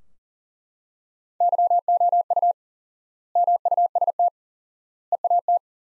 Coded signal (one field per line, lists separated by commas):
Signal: Morse code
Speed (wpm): 40 wpm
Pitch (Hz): 700 Hz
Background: none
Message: YOU MUST EAT